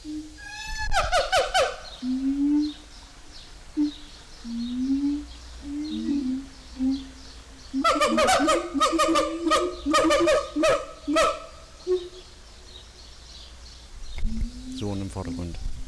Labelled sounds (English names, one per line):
Siamang